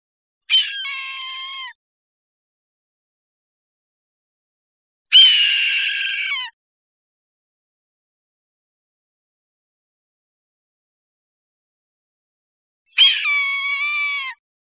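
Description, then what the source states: Red-tailed hawk with three hoarse, buzzy screams over about fourteen seconds, each roughly a second long and dropping at the end, separated by long silent gaps. Recorded 1 December 2008.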